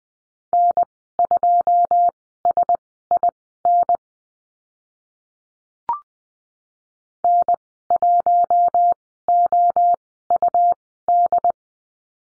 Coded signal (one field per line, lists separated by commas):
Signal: Morse code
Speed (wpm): 20 wpm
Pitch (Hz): 700 Hz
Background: none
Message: N2SIN N1OUD